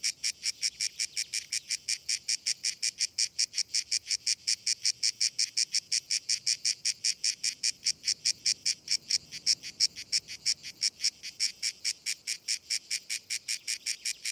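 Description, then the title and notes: Grey cicada delivering a continuous series of harsh rhythmic pulses, steady in loudness. Known as Cacan in Provence; described as the most abundant and best-known cicada, easily recognised by its particular rhythm. "Nouvelle cigale dans &quot;ECOUTEZ NATURE&quot"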